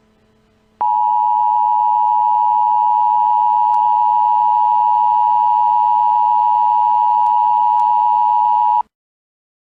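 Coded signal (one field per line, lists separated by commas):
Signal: Emergency Alert System (SAME) tones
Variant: 853 and 960 Hz attention tone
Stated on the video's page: Fictional EAS scenario about a chemical plant disaster; not a real alert.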